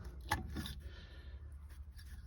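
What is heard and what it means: An outer brake pad with metal ball clips is handled against the holes in a brake caliper it is meant to pop into. Short metallic handling knocks come at about 0.3 s and 0.7 s, followed by quieter rubbing and scraping. Nothing has seated or clicked yet.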